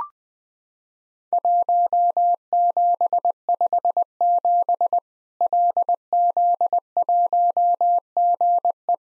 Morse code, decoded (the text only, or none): 1757 LZ1GE